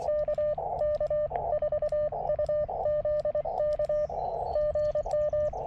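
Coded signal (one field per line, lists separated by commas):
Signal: Morse code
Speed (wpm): 22 wpm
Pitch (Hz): 600 Hz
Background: radio noise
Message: KK4UZK GM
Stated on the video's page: CW POTA park activation with a KX2 and a WRC Silver Bullet antenna.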